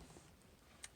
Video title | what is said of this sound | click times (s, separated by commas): Pa Hey, 🥾⛰️🦆day 171, June 20, 2021 | it's happening snapping in like it's happening | 0.8 s